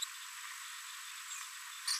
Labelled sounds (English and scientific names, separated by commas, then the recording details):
Green-rumped Parrotlet (Forpus passerinus) babbling
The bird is a male
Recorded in a nest box in Venezuela
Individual 17B42A3